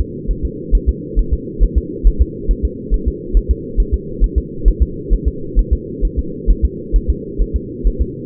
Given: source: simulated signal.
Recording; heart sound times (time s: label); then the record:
fetal heart sounds
0.01 s: S2
0.31 s: S1
0.45 s: S2
0.75 s: S1
0.89 s: S2
1.19 s: S1
1.34 s: S2
1.63 s: S1
1.78 s: S2
2.07 s: S1
2.22 s: S2
2.51 s: S1
2.65 s: S2
2.94 s: S1
3.08 s: S2
3.37 s: S1
3.51 s: S2
3.80 s: S1
3.94 s: S2
4.24 s: S1
4.38 s: S2
4.68 s: S1
4.82 s: S2
5.13 s: S1
5.28 s: S2
5.59 s: S1
5.73 s: S2
6.05 s: S1
6.19 s: S2
6.51 s: S1
6.65 s: S2
6.96 s: S1
7.10 s: S2
7.42 s: S1
7.56 s: S2
7.87 s: S1
8.02 s: S2
From the record:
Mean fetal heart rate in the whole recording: 135 bpm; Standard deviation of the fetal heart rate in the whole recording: 3 bpm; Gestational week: 36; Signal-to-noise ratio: -4.3 dB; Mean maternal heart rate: 72 bpm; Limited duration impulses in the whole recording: absent